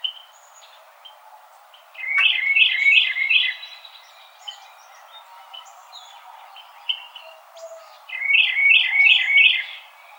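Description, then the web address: Carolina Wren singing loud, rhythmic bursts of repeated slurred syllables, two phrases of several notes each, separated by a long quieter gap with faint high chips and a tick. Recorded on 4 January 2007. "Carolina Wren 2007 01 04"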